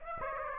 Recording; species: mosquito wingbeat signal from an infrared sensor; Aedes aegypti